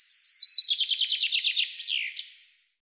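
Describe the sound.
Common chaffinch song: a rapid series of chirpy notes tumbling down in pitch, then an emphatic sweeping terminal flourish, heard alone against silence.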